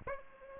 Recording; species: mosquito wingbeat signal from an infrared sensor; Aedes aegypti